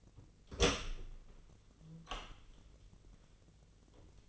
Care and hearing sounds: daily activity, microphone in the room; open door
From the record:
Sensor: 4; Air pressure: 1010.0 hPa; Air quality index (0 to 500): 194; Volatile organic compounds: 3 ppm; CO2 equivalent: 1396 ppm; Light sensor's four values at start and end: 38/92/38/40 and 35/86/35/38

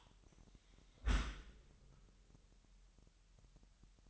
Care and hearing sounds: daily activity, microphone in the room; close dishwasher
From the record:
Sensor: 3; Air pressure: 998.3 hPa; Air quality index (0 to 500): 147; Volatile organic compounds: 5 ppm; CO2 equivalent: 1757 ppm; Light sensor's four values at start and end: 14/40/16/15 and 14/40/16/15

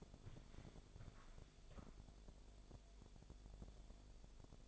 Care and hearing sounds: daily activity, microphone in the room; walk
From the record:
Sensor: 5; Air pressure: 1000.6 hPa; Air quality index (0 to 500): 135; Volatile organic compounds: 2 ppm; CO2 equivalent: 1054 ppm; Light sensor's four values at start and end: 46/108/45/47 and 46/108/45/47

